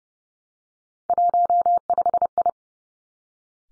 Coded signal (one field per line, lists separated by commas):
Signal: Morse code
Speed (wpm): 30 wpm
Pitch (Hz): 700 Hz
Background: none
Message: 15I